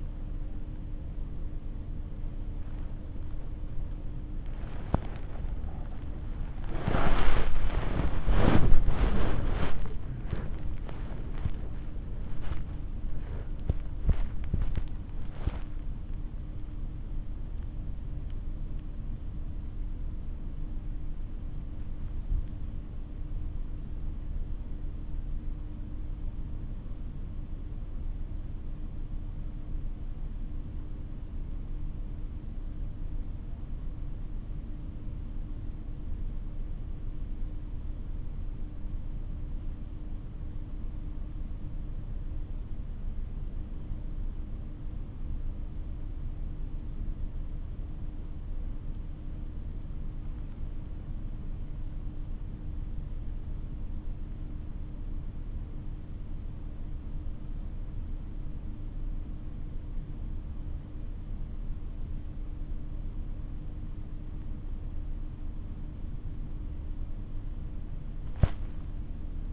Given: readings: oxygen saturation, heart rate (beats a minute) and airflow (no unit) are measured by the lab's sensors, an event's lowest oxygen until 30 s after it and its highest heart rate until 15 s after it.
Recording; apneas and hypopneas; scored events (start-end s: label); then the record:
breathing in sleep by a smartphone at the bedside; 1
2.00-32.00 s: new sleep stage, awake
16.00-37.00 s: awake
18.00-62.30 s: hypopnea (scored as awake, oxygen 98% highest, then 94% lowest, heart rate 76 at the start, 85 highest)
32.00-62.00 s: new sleep stage, N1 (lightest sleep)
62.00-69.53 s: new sleep stage, N2 (light sleep)
From the record:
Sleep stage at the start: N2 (light sleep); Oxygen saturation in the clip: 95 to 98%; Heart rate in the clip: 51 to 85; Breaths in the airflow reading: 14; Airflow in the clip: -6.6 to 9.1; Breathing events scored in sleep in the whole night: 304 in 5.6 hours asleep